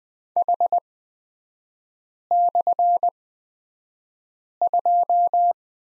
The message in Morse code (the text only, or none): H/2